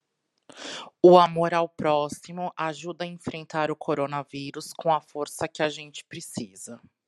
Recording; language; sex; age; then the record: spoken sentence; Brazilian Portuguese; female; 30 to 39 years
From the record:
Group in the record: control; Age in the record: 34 years